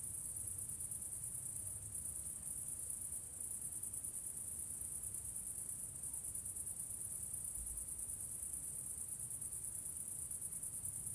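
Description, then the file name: Unbroken high-pitched cricket chorus buzzing evenly, with a few momentary dips and a faint low hum in the background. Crickets recorded near a church. "grillons nve eglise"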